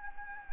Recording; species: mosquito wingbeat signal from an infrared sensor; Anopheles gambiae